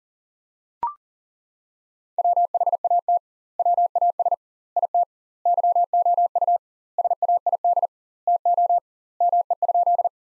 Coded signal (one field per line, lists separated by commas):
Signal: Morse code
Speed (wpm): 40 wpm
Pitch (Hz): 700 Hz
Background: none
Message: WHAT WAS IT YOU SAID TO ME?